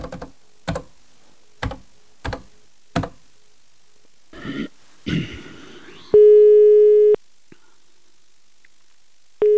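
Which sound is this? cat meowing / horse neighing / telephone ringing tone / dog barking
telephone ringing tone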